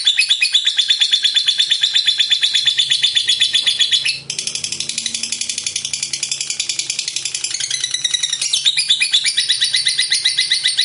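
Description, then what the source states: Lovebird song: a long, rapid, buzzy chattering trill of high notes, dropping softer through the middle before resuming at full pace. Fighter-type lovebird, described as gacor.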